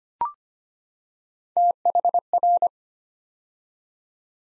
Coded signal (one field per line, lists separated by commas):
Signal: Morse code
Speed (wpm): 25 wpm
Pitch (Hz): 700 Hz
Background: none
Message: THR